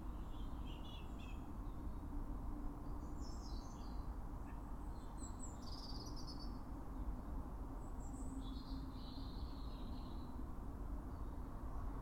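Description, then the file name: European robin song: several short, high, tinkling and warbled phrases separated by brief pauses, set against constant low-pitched background noise. "Erithacus rubecula"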